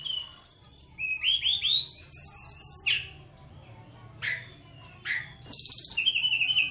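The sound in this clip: Bird song with quick rising slurs and a wavering warble, then a few sharp downward chirps and a closing buzzy trill.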